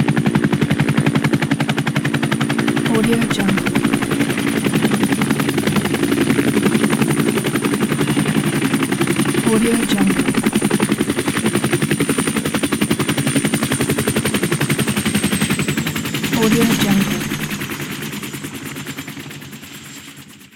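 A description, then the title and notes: A helicopter's blades chop in a fast, dense, regular beat, with a low rumbling engine drone and a thin high whine above. The sound stays steady for most of the clip, rises briefly around seventeen seconds, then fades toward the end. Helicopter Blades Sound Effect.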